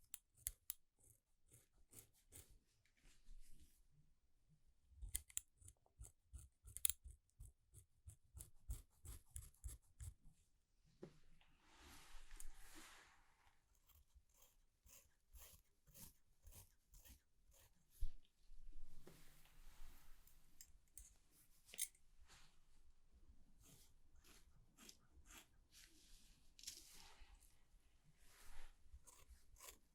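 Haircut sounds: quick, regular scissor snips run through the first ten seconds, then grow sparser and uneven. A soft hiss rises around twelve seconds, a louder rough, rustling burst follows near nineteen to twenty-one, and scattered snips and faint rustling carry on to the end.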